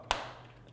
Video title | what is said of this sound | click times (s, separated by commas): Oakley Flak Jacket Lens Replacement & Installation Instructions | That means it's popped right in securely. | 0.1 s